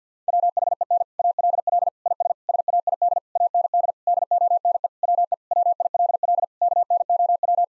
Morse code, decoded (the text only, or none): WHEN ALL IS SAID AND DONE WE WILL KNOW